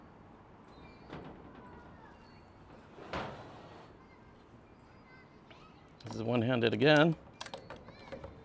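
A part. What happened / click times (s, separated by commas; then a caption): Monitor plate handled, not yet locked into its mount / none. A camera monitor's anti-twist quick-release plate is handled one-handed against its receiver on a cinema camera arm, with soft handling rubs and a brief knock near 3.1 s, then a cluster of short light taps around 7.4–7.7 s. Someone talks. Nothing has seated or clicked yet.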